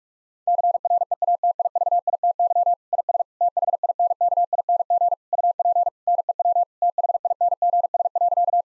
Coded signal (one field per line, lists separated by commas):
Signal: Morse code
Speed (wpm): 41 wpm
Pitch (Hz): 700 Hz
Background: none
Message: CREATIVITY IS THINKING UP NEW THINGS.